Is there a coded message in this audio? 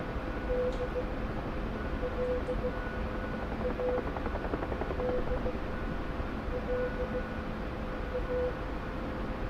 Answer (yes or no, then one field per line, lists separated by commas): yes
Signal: Morse code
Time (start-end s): 0.5-8.5 s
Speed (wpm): 16 wpm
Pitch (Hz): 500 Hz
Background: none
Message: D L A D L A